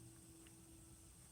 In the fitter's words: ragazzi i bracci sono pieghevoli però sono davvero guardate non fanno nemmeno lo scatto sentite l'avete sentito no è perché non c'è nessuno scatto